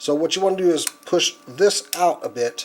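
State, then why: Not seated. A movable section of a die-cast and plastic Bandai Soul of Chogokin GX-71 Voltron robot lion toy, which is not spring-loaded, is being pushed out a bit before it is pushed down to lock into the body. Someone talks throughout, with no distinct clicks. Nothing has seated or locked into place yet.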